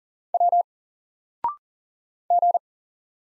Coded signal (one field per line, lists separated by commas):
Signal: Morse code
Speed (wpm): 40 wpm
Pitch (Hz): 700 Hz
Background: none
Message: W G